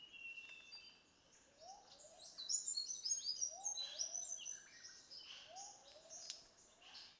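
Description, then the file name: Rufous fantail's high, squeaky twittering over steady background hiss, with soft lower rising whistles repeated a few times. "Rhipidura Rufifrons"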